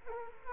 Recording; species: mosquito wingbeat signal from an infrared sensor; Culex quinquefasciatus